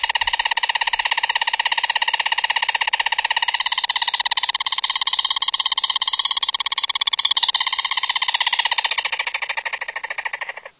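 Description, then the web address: Black storm-petrel purring call: a long, steady, very rapid pulsed rattle with strong harmonic bands, continuing about ten seconds before ending abruptly. "Songs of Birds of North America Stokes. Black Storm-Petrel"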